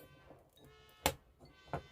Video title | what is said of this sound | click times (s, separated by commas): Transformers Generations Selects Centurion Drone Review | make sure the little claws are closed then you want to compress these down until it clicks | 1.1 s